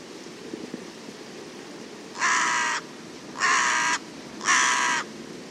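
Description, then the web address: Bird calling with three rasping caws, each about half a second long, over quiet low background noise. "cianscape. Deverinetal 2025. Bird Only"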